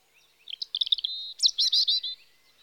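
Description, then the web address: European robin song, a brief phrase of quick tinkling notes, a held thin whistle, then a burst of rapid clipped notes. Spring. "BBC Sound Effects Library (Birds) Robin (Erithacus Rubecula) Spring"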